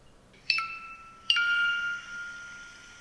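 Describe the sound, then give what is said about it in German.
Two bright, plinking notes from an old music box, used as a phone voicemail alert, sound one after the other, each struck crisply and then ringing on with a shimmering, slowly fading tone, like a short alert chime. “Das war übrigens ein Fragment von meiner alten Spieluhr.”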